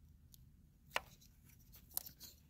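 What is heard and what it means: A wiring harness connector is pressed onto another MSD ignition coil pack during a coil pack install on a 2.7 EcoBoost engine. A few short taps sound near 0.3 s and 1.0 s, then a sharp, bright click at 2.0 s as the connector snaps home and is confirmed seated.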